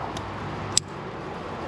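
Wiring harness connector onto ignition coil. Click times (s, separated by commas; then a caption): 0.8 s. On a 2006 Chrysler 300 SRT8, after the coil pack bolts are snugged onto the valve cover, the plastic wiring harness connector is pushed back onto the ignition coil. A single sharp, short click is heard at 0.8 s over steady background noise. The connector is seated on the coil.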